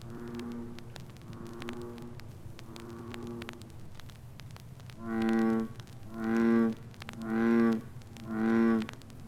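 Bullfrog calling in deep, resonant, harmonic croaks: three softer ones followed by four loud ones, about once a second, with crackling clicks in the background.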